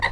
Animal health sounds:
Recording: pig call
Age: piglet (1 to 25 days)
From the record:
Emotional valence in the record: positive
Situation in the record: reunion after long isolation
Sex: male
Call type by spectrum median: low-frequency call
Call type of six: low-frequency tonal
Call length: 0.12 s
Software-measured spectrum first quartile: 661 Hz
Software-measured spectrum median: 1531 Hz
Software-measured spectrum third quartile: 2099 Hz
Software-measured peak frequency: 1890 Hz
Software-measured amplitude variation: 164 dB a second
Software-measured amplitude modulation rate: 12.7 a second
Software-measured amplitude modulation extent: 12.9 dB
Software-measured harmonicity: 5.4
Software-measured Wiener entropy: -1.79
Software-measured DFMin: 982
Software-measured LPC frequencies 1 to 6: 926, 1951, 2803, 3844, 4548, 5777 Hz

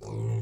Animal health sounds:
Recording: pig call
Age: weaner (32 to 43 days)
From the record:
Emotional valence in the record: negative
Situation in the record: long isolation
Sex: female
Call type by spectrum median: low-frequency call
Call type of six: low-frequency stable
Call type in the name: low-frequency stable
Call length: 0.43 s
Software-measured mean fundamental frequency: 55 Hz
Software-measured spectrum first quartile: 112 Hz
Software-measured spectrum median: 153 Hz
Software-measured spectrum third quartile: 398 Hz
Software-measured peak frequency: 116 Hz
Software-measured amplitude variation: 87 dB a second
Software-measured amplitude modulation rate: 34.0 a second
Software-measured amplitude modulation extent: 2.6 dB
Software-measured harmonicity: -1.4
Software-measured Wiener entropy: -0.58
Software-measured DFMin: 765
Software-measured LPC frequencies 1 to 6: 831, 2164, 2744, 3784, 4502, 5535 Hz

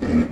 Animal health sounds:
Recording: pig call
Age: growing-finishing pig (85 days or more)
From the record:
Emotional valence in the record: negative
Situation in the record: barren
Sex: female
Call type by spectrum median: low-frequency call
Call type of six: low-frequency stable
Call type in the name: low-frequency stable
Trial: 1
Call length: 0.31 s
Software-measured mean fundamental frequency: 40 Hz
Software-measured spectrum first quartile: 211 Hz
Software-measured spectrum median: 269 Hz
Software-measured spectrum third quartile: 476 Hz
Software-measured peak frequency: 246 Hz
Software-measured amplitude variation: 154 dB a second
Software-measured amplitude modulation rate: 22.5 a second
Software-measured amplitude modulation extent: 6.9 dB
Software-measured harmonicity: 4.3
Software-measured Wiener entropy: -0.98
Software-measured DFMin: 664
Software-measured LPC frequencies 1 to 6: 287, 1790, 2258, 4596, 7357, 9765 Hz

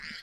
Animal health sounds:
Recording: pig call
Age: piglet (1 to 25 days)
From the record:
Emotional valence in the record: positive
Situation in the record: reunion after long isolation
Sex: female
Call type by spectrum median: high-frequency call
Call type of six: low-frequency tonal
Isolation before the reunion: 8 minutes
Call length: 0.23 s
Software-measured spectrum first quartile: 1738 Hz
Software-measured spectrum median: 2606 Hz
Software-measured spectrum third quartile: 4426 Hz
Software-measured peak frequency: 1920 Hz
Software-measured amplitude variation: 88 dB a second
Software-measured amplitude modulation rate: 28.0 a second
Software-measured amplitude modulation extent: 3.1 dB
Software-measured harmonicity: 1.4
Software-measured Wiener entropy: -1.69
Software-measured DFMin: 1407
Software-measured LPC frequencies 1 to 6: 1583, 1997, 3163, 4250, 4771, 7134 Hz

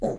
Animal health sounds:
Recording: pig call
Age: piglet (1 to 25 days)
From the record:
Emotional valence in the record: negative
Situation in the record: long isolation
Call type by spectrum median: low-frequency call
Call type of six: low-frequency stable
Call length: 0.18 s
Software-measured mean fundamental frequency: 59 Hz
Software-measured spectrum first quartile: 267 Hz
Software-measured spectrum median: 459 Hz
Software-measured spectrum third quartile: 600 Hz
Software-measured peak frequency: 548 Hz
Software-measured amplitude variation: 122 dB a second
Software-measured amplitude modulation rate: 8.3 a second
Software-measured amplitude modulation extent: 14.7 dB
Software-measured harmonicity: 1.0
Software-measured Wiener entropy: -0.66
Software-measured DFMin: 1208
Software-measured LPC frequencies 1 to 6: 489, 621, 1700, 3546, 4123, 4995 Hz

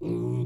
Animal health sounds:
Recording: pig call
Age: weaner (32 to 43 days)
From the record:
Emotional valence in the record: negative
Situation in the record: long isolation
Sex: female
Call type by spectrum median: low-frequency call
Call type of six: low-frequency stable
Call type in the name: low-frequency stable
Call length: 0.46 s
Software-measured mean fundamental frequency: 59 Hz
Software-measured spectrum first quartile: 133 Hz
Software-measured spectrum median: 230 Hz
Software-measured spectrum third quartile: 361 Hz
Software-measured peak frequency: 353 Hz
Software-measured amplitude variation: 78 dB a second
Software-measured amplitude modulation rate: 40.7 a second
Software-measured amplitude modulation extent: 1.9 dB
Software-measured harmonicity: 3.1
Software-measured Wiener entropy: -0.56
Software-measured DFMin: 1630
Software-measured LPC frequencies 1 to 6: 325, 2380, 3625, 4302, 5993, 7098 Hz

